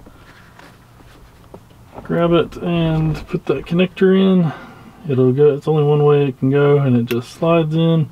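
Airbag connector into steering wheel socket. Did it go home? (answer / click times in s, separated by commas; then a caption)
no / none. An airbag connector is lined up with its socket on a 2003–2006 Silverado steering wheel before being slid in; it only fits one way. A few faint taps of handling come before someone talks over most of the clip. Nothing has seated or clicked yet.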